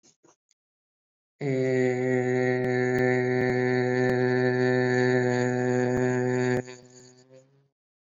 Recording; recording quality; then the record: sustained vowel as in made; excellent, no background noise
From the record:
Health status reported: respiratory illness, not identified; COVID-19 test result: not tested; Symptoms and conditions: breathing difficulty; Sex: male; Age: 22 years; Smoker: not ticked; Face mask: not worn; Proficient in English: yes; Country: India